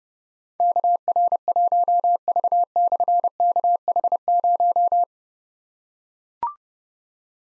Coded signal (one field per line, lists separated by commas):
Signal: Morse code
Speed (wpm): 30 wpm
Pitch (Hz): 700 Hz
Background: none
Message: KR1V/KH0